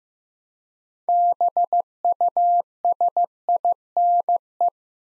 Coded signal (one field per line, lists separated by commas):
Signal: Morse code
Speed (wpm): 15 wpm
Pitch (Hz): 700 Hz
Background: none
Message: BUSINE